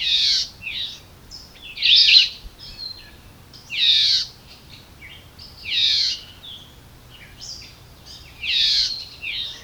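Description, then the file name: Red-eyed vireo singing a series of short, sweet, slurred phrases with brief pauses, some followed by quieter trailing notes, in a quiet setting. "red-eyed vireo call by patrick blake"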